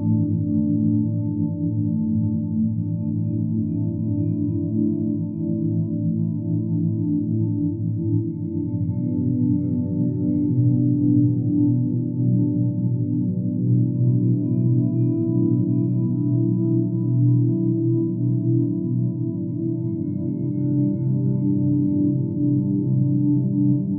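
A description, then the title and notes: Binaural beat music: a steady, low humming drone of layered tones with a slow, even pulsing shimmer, unchanging throughout. Deep Focus Music with Binaural Beats Beta Waves.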